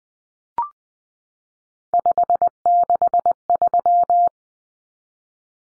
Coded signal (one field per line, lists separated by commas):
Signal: Morse code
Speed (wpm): 20 wpm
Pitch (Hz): 700 Hz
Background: none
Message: 563